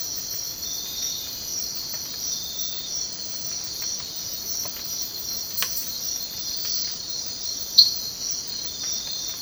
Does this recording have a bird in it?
no